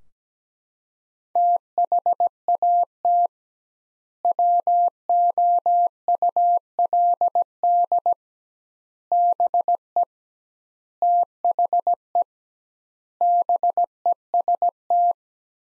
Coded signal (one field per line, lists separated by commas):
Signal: Morse code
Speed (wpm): 17 wpm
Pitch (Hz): 700 Hz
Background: none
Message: THAT WOULD BE THE BEST